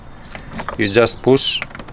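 A Givi motorcycle top case is handled over its rear rack mounting plate while someone talks, with a few faint short ticks in the background. Nothing has seated or clicked yet; the case has not latched onto the plate by the end.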